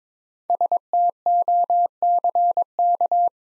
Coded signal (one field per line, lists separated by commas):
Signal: Morse code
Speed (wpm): 22 wpm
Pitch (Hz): 700 Hz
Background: none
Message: STOCK